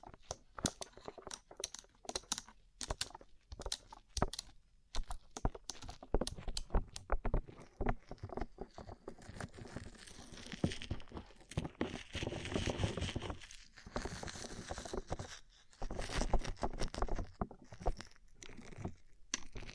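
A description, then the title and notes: Tapping on a rhinestone-covered surface, with quick, sharp, bright clicks in irregular bursts much like fast typing. The taps run nearly nonstop, thickening into a dense clattering stretch around the middle, with short gaps near 5 and 13 seconds. ASMR Rhinestone Covered Tapping 3Dio (No Talking).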